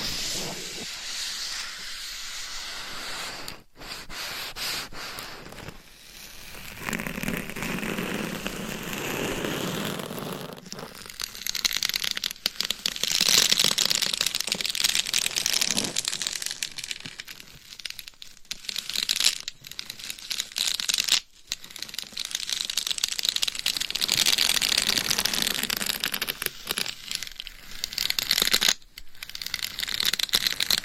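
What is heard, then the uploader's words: Scratching and rubbing on a binaural mic, dense crackly bursts that swell and fade, broken by several sharp dropouts and brief taps. Binaural Mic Scratching & Tapping That Changes Every 30 Seconds.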